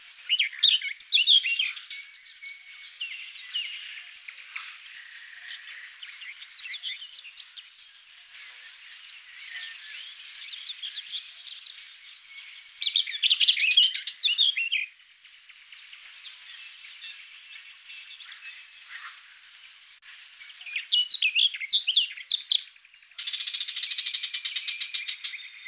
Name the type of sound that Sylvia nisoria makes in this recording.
song